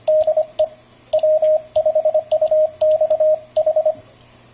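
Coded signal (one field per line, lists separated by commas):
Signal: Morse code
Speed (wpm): 23 wpm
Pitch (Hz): 620 Hz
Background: radio noise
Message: DE W5UXH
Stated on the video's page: Morse sent by a homebuilt PICadillo 35T-based keyer without an internal speaker, sending an eBook text file.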